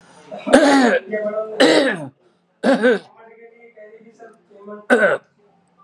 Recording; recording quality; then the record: heavy voluntary cough; moderate, slight background noise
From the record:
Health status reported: healthy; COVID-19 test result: not tested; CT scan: not taken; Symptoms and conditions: none ticked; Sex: male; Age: 52 years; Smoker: no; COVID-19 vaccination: both doses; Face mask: worn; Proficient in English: yes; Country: India